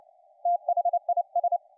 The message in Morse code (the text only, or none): THIS